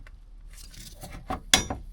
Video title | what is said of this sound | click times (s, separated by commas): Install a PPE Tranny Cooler on 2016 Chevy Silverado 2500 HD | Okay, clicks in, and | 1.5 s